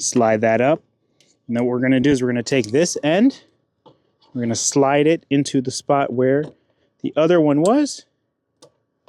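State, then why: Seated. Someone talks while sliding the adapter harness connector end into the mounting slot where the original connector was, on a RAM 3500 during a Lumastep M1 tow mirror light install. Small clicks are heard at 8.6 s and 9.1 s as the connector seats and locks into its mount.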